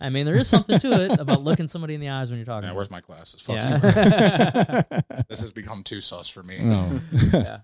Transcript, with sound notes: - I mean, there is something to it about looking somebody in the eyes when you're talking. - Where's my glasses? - Yeah. - (laughs) This has become two sauce for me. - Oh.